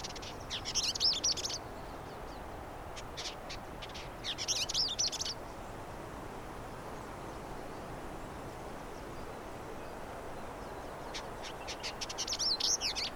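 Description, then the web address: Variable indigobird song: three short bursts of high, buzzy chattering notes with scratchy trills, spaced by long pauses, over steady background hiss. "Indigobird Song Vidua funera"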